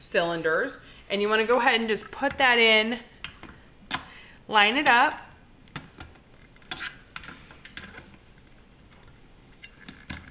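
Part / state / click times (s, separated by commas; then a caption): pasta extruder attachment into stand mixer attachment hub / not seated / none. Someone talks while a metal KitchenAid pasta extruder attachment, the plain straight-cylinder die with no cuts, is lined up with the stand mixer's attachment hub. Brief sharp handling taps follow around 3.2, 6.7, 7.2, 7.8 and 10.1 seconds. The attachment has not clicked into the hub or seated yet.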